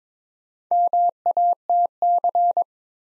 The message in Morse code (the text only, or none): MATC